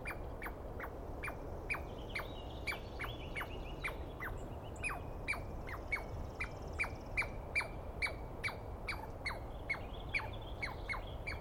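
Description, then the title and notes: Douglas squirrel calls, repeated falling chirps about two per second over background rumble, with soft bird calls mixed in. Douglas pine squirrel screaming at length at dawn, morning of 21 April 2017, East Cascades; recordist woken by it; identified by sound, not clearly seen. "On the morning of 21 April, 2017, I set up my microphones and recorder for a nice dawn recording in the East Cascades. I was started awake by a screaming Douglas Pine Squirrel."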